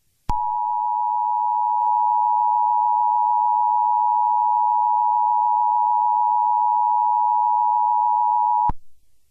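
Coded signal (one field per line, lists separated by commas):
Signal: Emergency Alert System (SAME) tones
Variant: 853 and 960 Hz attention tone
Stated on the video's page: Fictional EAS scenario.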